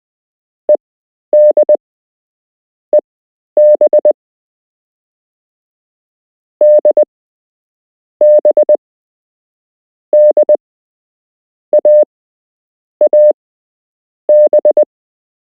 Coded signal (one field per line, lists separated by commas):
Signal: Morse code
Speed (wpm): 20 wpm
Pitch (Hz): 600 Hz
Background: none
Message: EDEB DB DAAB